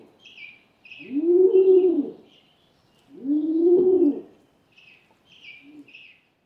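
Rock Pigeon cooing, two long low rolling coos a couple of seconds apart, then a short soft one, with small birds chirping high in the background.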